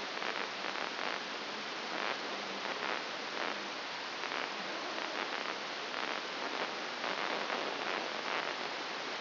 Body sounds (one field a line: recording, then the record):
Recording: brain microelectrode recording played as sound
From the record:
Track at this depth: outside the subthalamic nucleus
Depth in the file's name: 6.301 mm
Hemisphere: left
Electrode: 2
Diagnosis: Parkinson's disease